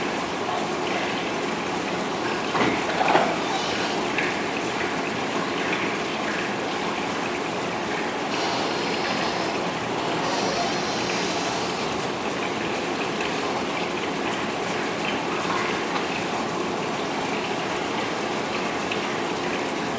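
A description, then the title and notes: Rain falls on a balcony in the city, a dense, even hiss of drops that holds steady for the whole stretch. A brief louder patter stands out near the three-second mark, and a low hum of traffic runs underneath throughout. Rain on a balcony in the City.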